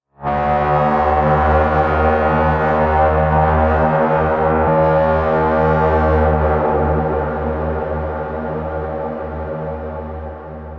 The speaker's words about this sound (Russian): Андрей вздохнул, не успокоится никак Энку. Ничего хорошего от звука его горна он не ждал.